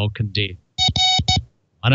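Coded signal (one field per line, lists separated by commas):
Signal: none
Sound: music beat sound effects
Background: speech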